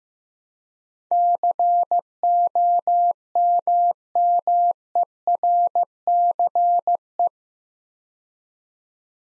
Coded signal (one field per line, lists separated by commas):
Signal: Morse code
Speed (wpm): 16 wpm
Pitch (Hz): 700 Hz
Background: none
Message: COMMERCE